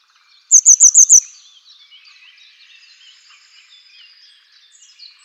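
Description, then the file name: Grey wagtail calls: a quick burst of five sharp, very high notes, followed by faint twittering and a last sharp note at the end. Nominate subspecies Motacilla cinerea cinerea. "Grote Gele Kwikstaart Motacilla cinerea cinerea"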